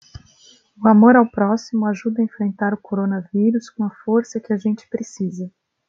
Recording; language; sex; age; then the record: spoken sentence; Brazilian Portuguese; female; 30 to 39 years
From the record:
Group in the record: control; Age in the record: 36 years